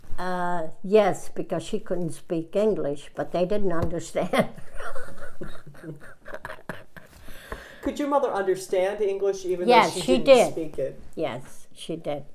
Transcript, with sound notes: Uh, yes, because she couldn't speak English, but they didn't understand. ( she laughs )
Could your mother understand English, even though she didn't speak it.
Yes, she did.